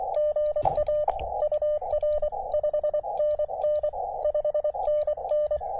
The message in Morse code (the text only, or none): GA UR 5NN 5NN